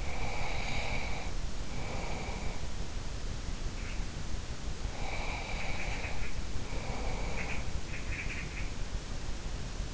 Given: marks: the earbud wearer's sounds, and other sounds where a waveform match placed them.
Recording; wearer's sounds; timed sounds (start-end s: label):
sounds in sleep by an in-ear microphone; breath
0.00-2.61 s: breath
4.87-7.64 s: breath
7.96-8.66 s: sound from someone else or the room